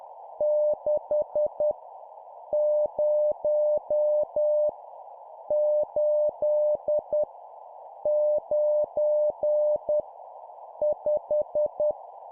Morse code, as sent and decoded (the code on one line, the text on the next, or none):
-.... / ----- / ---.. / ----. / .....
6 0 8 9 5